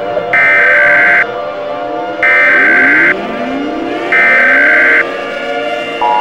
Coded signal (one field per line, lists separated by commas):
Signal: Emergency Alert System (SAME) tones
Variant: header bursts